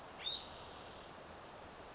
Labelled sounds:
Spotted Towhee (Pipilo maculatus)
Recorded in Sonoma County, California

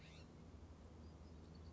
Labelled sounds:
California Scrub-Jay (Aphelocoma californica)
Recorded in Sonoma County, California

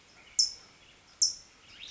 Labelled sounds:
California Towhee (Melozone crissalis)
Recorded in Sonoma County, California

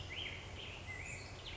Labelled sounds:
Black-headed Grosbeak (Pheucticus melanocephalus)
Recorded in Sonoma County, California

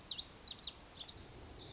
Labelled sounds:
Lazuli Bunting (Passerina amoena)
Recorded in Sonoma County, California

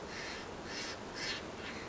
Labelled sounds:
Steller's Jay (Cyanocitta stelleri)
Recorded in Sonoma County, California

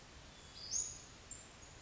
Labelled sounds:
Western Flycatcher (Empidonax difficilis)
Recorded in Sonoma County, California

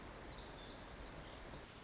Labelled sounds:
Pacific Wren (Troglodytes pacificus)
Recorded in Sonoma County, California

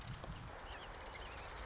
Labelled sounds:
Marsh Wren (Cistothorus palustris)
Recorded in Sonoma County, California

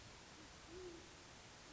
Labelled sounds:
Great Horned Owl (Bubo virginianus)
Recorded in Sonoma County, California

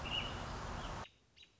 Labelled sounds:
American Robin (Turdus migratorius)
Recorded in Sonoma County, California

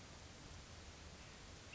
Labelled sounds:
Ash-throated Flycatcher (Myiarchus cinerascens)
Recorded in Sonoma County, California

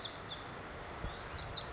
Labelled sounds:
Lazuli Bunting (Passerina amoena)
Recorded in Sonoma County, California

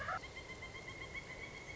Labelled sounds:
Pileated Woodpecker (Dryocopus pileatus)
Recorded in Sonoma County, California

